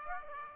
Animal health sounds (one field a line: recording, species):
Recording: mosquito wingbeat signal from an infrared sensor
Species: Aedes aegypti